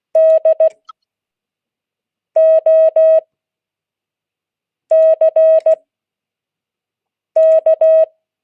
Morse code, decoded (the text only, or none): DOCK